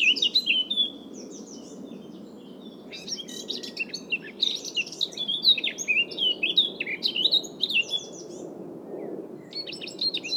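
Eurasian blackcap song, a lively run of fast, varied warbling notes with clear fluting whistles, in bursts separated by pauses, against steady background noise.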